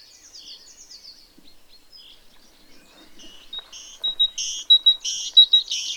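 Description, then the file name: Great tit song: soft descending high notes at first, then loud, regularly repeated bright two-note phrases building toward the end. "Parus major"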